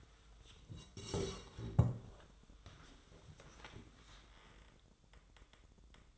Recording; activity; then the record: daily activity, microphone in the room; sit down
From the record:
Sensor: 3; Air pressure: 1005.4 hPa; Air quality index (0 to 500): 97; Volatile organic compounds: 3 ppm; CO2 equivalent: 1514 ppm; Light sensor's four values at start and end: 8/18/8/8 and 10/22/9/9